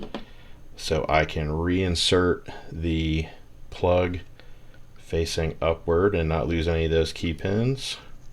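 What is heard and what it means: A lock plug is handled for reinsertion, facing upward, into a pin tumbler lock housing so none of the key pins are lost, while someone talks. Only a few faint handling ticks are heard. Nothing has seated or clicked into place yet.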